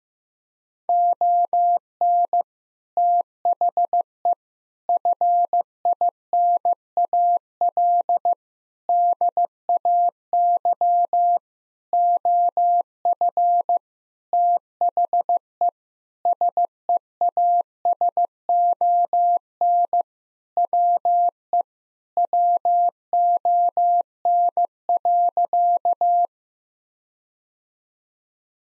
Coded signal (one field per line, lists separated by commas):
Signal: Morse code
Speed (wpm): 15 wpm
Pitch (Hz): 700 Hz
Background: none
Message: ON THE FINAL DAY OF THE SEASON WE WON.